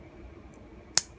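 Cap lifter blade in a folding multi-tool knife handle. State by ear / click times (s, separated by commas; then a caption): seated / 1.0 s. The cap lifter blade of a small vintage steel Japanese Little Hobo multi-tool folding knife is swung out until the backspring snaps it into position in the handle. After a faint high tick near 0.5 s, a single sharp, bright snap at 1.0 s seats the blade into place, a decent snap, over a quiet background.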